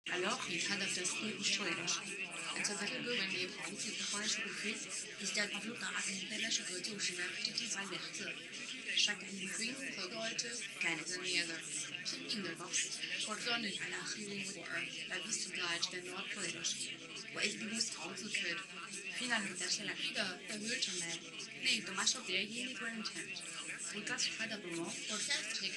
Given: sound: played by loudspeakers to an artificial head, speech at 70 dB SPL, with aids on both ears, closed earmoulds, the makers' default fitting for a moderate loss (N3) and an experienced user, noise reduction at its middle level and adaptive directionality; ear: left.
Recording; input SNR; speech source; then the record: speech test signal (ISTS) in cocktail-party noise; +3 dB; on the right (90 degrees)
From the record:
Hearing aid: class 1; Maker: J